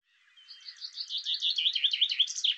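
Bird song rising steadily in loudness, a fast chain of high chirping slurs that is cut off abruptly at the end.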